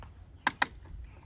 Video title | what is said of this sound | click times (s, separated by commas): Best bike rack? Possibly Thule T2 XTR Pro | you can hear a click now that's secure | 0.5 s, 0.6 s